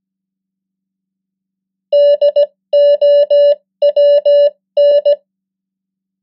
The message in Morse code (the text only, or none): DOWN